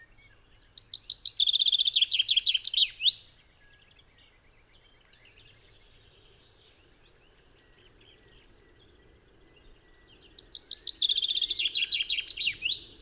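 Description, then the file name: Common chaffinch giving two full song phrases about ten seconds apart, each a rapid cascade of high notes accelerating down to a terminal flourish. "Fringilla coelebs"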